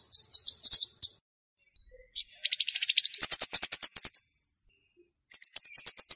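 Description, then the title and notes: Flowerpecker song: bursts of very high, rapid ticking notes, one long steady series in the middle, with a short silent gap before the final burst. Chirping sounds used as a lure to trap the birds. "Kicau Untuk Pancing Burung Kemade ( Cabe Cabean). Suara Burung Cabe Cabean Pikat"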